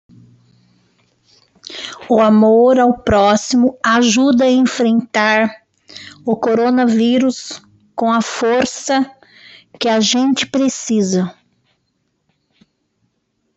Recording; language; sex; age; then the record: spoken sentence; Brazilian Portuguese; female; 50 to 59 years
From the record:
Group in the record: control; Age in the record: 56 years